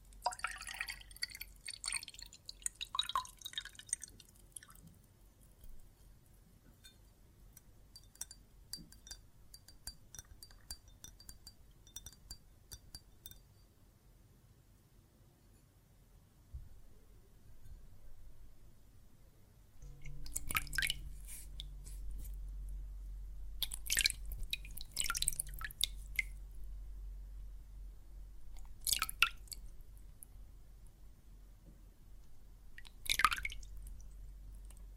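Water and soap foam make soft wet sounds, opening with a brief fizzing crackle that settles into scattered small drips and faint clicks. From about twenty seconds a low hum sets in, and sharp bursts of splashing or squishing come at roughly 21, 25, 29 and 33 seconds.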